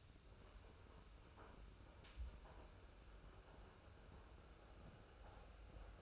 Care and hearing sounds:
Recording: daily activity, microphone in the room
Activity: make coffee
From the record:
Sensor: 2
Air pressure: 994.4 hPa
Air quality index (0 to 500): 210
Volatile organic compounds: 1000 ppm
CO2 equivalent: 6942 ppm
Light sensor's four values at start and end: 142/338/143/149 and 142/338/143/149

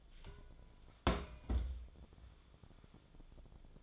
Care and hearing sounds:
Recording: daily activity, microphone in the room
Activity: place on stove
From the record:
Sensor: 5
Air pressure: 1010.0 hPa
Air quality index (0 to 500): 154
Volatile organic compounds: 3 ppm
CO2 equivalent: 1498 ppm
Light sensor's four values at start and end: 248/595/256/284 and 242/594/251/275

